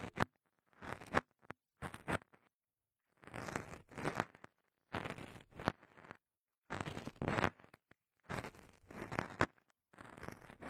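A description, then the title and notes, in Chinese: Bright scratching and crackling meant to mimic a needle pricking the ear comes in short bursts of about half a second to a second, roughly ten times over the clip, with dead silence between. The bursts are dense and gritty, some ending in sharp clicks. 针扎耳朵。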